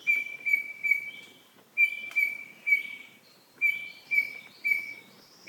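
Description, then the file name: Grey-headed robin with clear monotone whistles in short runs of three. "Heteromyias Cinereifrons"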